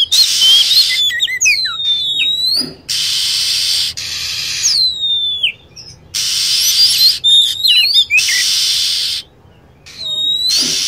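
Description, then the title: Lovebird calling: shrill, steeply dropping whistles and busy chirp clusters, alternating with bands of steady hissing noise. Lure sound used for attracting lovebirds. "PIKAT BURUNG LOVEBIRD"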